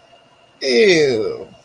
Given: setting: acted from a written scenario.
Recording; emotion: vocal sound without words; disgust